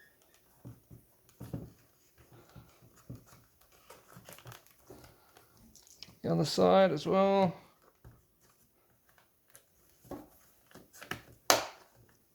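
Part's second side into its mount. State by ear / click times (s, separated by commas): seated / 11.1 s, 11.5 s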